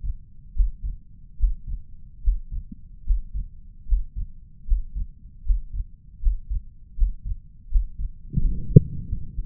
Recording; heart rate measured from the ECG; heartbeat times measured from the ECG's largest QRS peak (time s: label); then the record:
heart sounds by stethoscope; 77 bpm
0.54 s: heartbeat
1.37 s: heartbeat
2.22 s: heartbeat
3.04 s: heartbeat
3.86 s: heartbeat
4.65 s: heartbeat
5.44 s: heartbeat
6.20 s: heartbeat
6.96 s: heartbeat
7.69 s: heartbeat
8.39 s: heartbeat
9.08 s: heartbeat
From the record:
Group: healthy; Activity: breath hold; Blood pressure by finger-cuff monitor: 184/122 mmHg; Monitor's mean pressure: 135 mmHg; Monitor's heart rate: 75 bpm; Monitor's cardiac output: 4.7 L/min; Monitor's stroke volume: 61 mL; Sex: male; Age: 35 years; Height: 178 cm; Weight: 64 kg